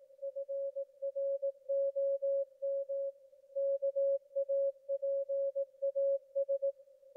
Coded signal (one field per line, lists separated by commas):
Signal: Morse code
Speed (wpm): 19 wpm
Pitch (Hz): 550 Hz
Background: none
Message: FROM KAPAS